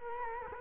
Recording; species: mosquito wingbeat signal from an infrared sensor; Culex quinquefasciatus